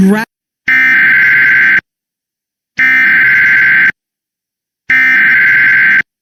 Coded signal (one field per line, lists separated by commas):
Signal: Emergency Alert System (SAME) tones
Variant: header bursts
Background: speech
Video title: EAS Flash Flood Warning for my area on TV! (CH. 42)